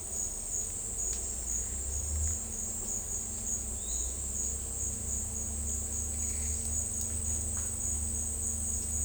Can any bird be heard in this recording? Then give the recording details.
no. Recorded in dense forest near Puerto Asís, Putumayo, Colombia, on 16 December 2024 at 11:00. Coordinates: 0.466, -76.327. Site G075